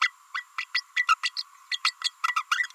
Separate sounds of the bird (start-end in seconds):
0.01-0.10, 0.34-0.44, 0.58-0.65, 0.74-0.83, 1.08-1.15, 1.23-1.31, 1.36-1.42, 1.71-1.78, 1.84-1.93, 2.04-2.10, 2.35-2.43, 2.51-2.69